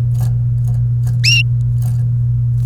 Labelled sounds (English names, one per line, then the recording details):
Domestic Canary song
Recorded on 28 April 2018 at 11:53
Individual llb3